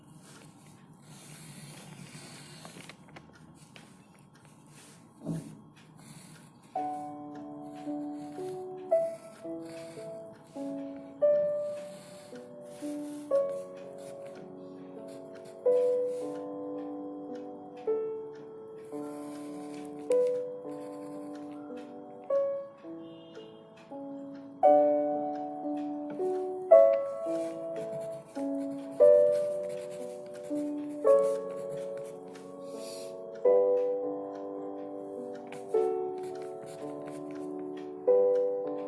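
A short burst of scratchy pencil-like noise opens the clip, then soft, dark music takes over around six seconds: plucked or struck notes in a middle register that ring and fade, forming a slow, repeating melody. A faint ticking sits quietly underneath.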